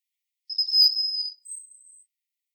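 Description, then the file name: European robin: bird song of two pure, very high thin whistles, the first longer and slightly wavering, the second higher and fading, with no other sounds. "Erithacus rubecula"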